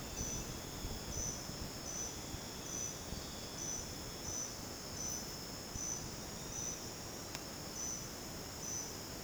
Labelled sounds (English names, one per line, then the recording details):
none
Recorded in dense forest near Puerto Asís, Putumayo, Colombia, on 13 March 2025 at 01:00
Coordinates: 0.486, -76.317
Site G053